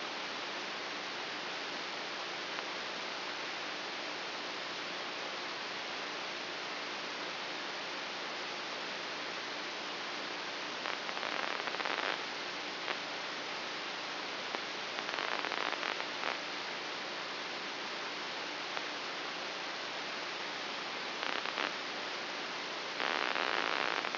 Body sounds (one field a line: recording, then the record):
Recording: brain microelectrode recording played as sound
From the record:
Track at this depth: inside the subthalamic nucleus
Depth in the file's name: 0.956 mm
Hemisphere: left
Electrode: 2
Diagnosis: Parkinson's disease